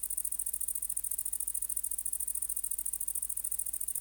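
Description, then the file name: Great green bush-cricket song: short stretch of nonstop high, buzzy pulsing trill, rapid and regular, with a gentle low hum behind. "Tettigonia viridissima"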